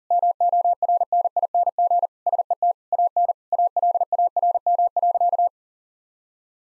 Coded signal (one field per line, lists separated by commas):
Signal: Morse code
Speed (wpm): 40 wpm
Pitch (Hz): 700 Hz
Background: none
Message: MORNING SET AN ALARM.